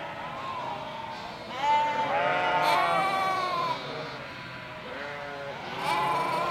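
Sheep bleating, a long loud quavering bleat in the middle, softer bleats before and after, another loud call at the end.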